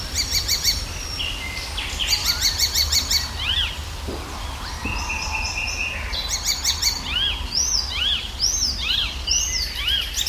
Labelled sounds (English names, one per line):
Icterine Warbler